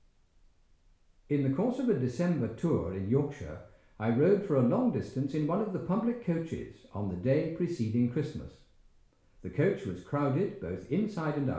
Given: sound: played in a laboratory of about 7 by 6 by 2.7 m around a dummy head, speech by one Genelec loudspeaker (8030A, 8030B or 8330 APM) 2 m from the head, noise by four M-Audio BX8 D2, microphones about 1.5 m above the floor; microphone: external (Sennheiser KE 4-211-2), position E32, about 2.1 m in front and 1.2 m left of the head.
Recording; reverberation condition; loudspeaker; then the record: male speech in English; medium; 30 degrees to the left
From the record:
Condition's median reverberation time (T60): about 510 ms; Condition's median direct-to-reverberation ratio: about -0.5 dB